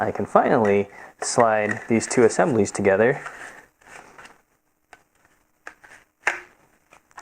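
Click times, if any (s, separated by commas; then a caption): 6.3 s. Someone talks, then slides a polymer handguard and an aluminium barrel clamp block assembly together on a CROM pistol-caliber carbine, with faint scattered ticks and rustles. A sharp click at 6.3 s marks the two assemblies locking into place, leaving the side holes in the block and handguard perfectly aligned.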